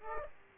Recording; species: mosquito wingbeat signal from an infrared sensor; Aedes aegypti